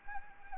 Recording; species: mosquito wingbeat signal from an infrared sensor; Anopheles gambiae